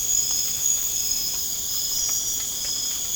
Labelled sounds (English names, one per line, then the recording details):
none
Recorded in pastures near Puerto Asís, Putumayo, Colombia, on 25 June 2025 at 01:00
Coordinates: 0.496, -76.326
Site GP01